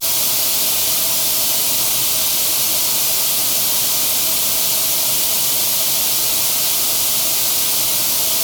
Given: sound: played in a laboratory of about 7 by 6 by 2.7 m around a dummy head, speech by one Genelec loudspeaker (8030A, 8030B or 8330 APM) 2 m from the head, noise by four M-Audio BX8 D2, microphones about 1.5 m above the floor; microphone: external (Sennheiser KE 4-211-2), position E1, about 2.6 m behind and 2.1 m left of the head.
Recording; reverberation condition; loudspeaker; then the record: white noise; medium; four, about 170 cm from the corners of the room and facing them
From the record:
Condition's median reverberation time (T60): about 510 ms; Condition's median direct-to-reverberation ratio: about -0.5 dB